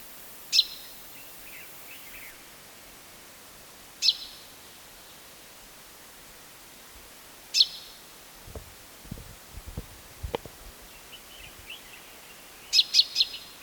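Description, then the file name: Common chaffinch calls: sharp, high single and clustered notes every few seconds, with soft twittering and some low knocking sounds midway. "Fringilla coelebs"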